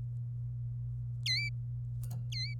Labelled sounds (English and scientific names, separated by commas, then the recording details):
Domestic Canary (Serinus canaria) song
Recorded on 26 April 2018 at 16:45
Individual llb3